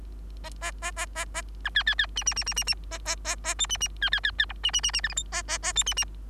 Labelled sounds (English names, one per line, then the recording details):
Bengalese Finch song
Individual Bird3